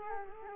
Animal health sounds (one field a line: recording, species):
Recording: mosquito wingbeat signal from an infrared sensor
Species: Culex quinquefasciatus